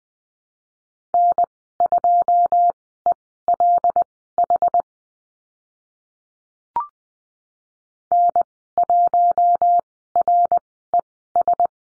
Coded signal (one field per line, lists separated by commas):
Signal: Morse code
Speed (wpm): 20 wpm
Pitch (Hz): 700 Hz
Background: none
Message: N2ELH N1RES